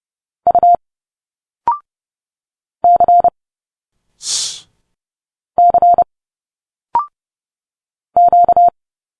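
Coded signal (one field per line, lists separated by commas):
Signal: Morse code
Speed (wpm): 30 wpm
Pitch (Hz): 700 Hz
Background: none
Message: U C C Q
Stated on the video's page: Morse code letters A to Z at 30 wpm, an instant character recognition drill linking Morse sounds directly to speech sounds.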